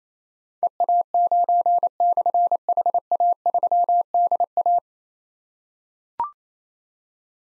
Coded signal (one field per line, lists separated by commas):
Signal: Morse code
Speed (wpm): 27 wpm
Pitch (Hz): 700 Hz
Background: none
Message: EA9/HA3DA